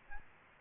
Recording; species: mosquito wingbeat signal from an infrared sensor; Aedes aegypti